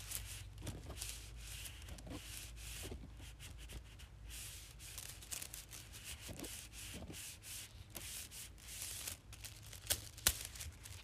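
Small straws are rubbed together in a continuous scratchy rustle that swells and fades in short irregular strokes. The sound is bright and papery, with a steady low hum underneath and a few sharper clicks near the ten-second mark.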